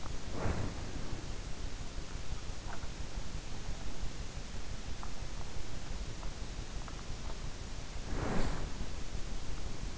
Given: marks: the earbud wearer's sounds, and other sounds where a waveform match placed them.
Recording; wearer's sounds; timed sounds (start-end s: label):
sounds in sleep by an in-ear microphone; body movement
0.00-1.57 s: body movement
7.75-9.27 s: body movement